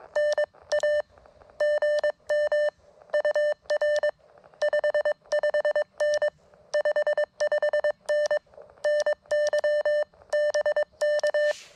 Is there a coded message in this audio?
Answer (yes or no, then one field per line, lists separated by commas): yes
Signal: Morse code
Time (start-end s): 0.2-11.5 s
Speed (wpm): 22 wpm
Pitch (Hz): 600 Hz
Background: none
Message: NA GM UR 55N 55N NY BK